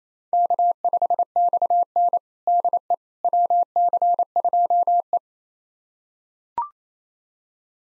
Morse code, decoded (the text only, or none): K5XN DE WC2E